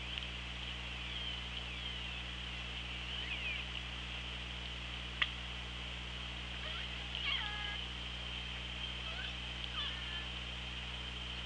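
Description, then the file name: Orca pulsed calls: faint calls early, then two stepped harmonic calls in the second half, and one sharp click, over steady underwater noise. OrcaLab hydrophone, 24 August 2017, 16:34. "Orca Lab 20170824 163412"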